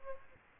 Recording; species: mosquito wingbeat signal from an infrared sensor; Aedes aegypti